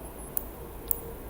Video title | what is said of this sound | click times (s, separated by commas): parts of a piston | want to do it until it clicks you want to fight it off you want to read that | 0.4 s, 0.9 s